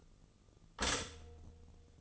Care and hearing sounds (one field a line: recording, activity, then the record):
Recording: daily activity, microphone in the room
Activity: stop toaster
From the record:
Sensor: 4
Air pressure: 1010.1 hPa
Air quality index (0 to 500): 178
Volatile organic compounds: 5 ppm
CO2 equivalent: 1802 ppm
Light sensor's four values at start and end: 23/69/27/27 and 23/69/27/27